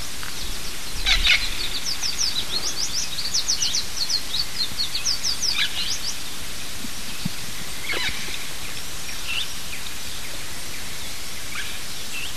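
Bird calls, a quick run of thin high chirps early on, then scattered single notes over constant hiss.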